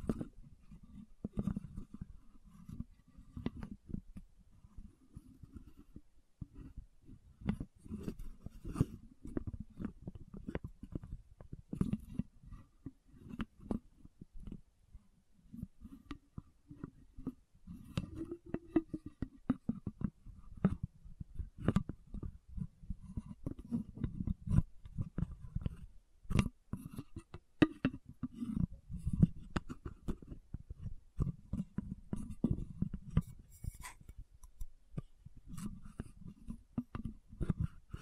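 Lid sounds, bottle tapping and scratching keep up throughout, with dense, irregular short clicks and taps several times a second. Beneath them runs a low, rounded rumbling that swells and fades in repeating waves every few seconds, with brighter sharp ticks scattered across the whole stretch.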